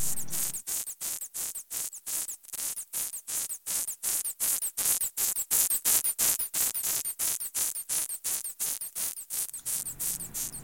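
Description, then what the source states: Death's-head hawkmoth squeaking: sharp, harsh squeaks repeated in a rapid, steady series throughout. Sound made when the moth is seized and protests; an exception among otherwise silent moths.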